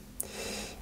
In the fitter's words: ici vous avez un détrompeur en demiune ça vient tout simplement se clipser